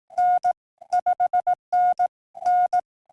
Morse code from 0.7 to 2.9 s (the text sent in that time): 5N N